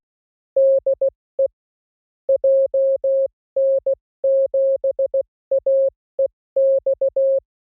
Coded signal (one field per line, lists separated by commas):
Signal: Morse code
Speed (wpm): 16 wpm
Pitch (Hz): 540 Hz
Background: none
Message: DE JN7AEX